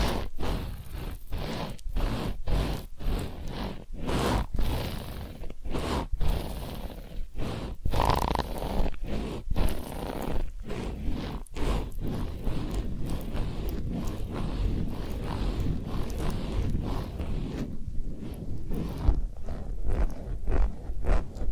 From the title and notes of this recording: Massage, Ear Cleaning and Spa.